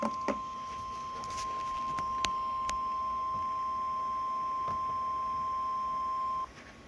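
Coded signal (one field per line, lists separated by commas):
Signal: Emergency Alert System (SAME) tones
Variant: 1050 Hz attention tone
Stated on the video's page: EAS alert for a Special Marine Warning for gusty outflow winds.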